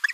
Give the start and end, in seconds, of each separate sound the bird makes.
0.04-0.07